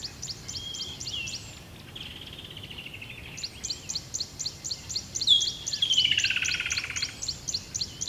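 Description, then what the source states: Bird song of rapid high repeated notes that pause briefly, then resume, while a lower buzzy trill slides downward; a soft rushing background. Recorded by a river at dawn.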